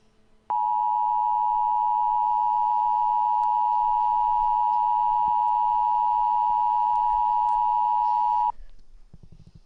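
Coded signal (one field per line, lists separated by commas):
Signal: Emergency Alert System (SAME) tones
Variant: 853 and 960 Hz attention tone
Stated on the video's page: Mock EAS alert, a fictional recreation.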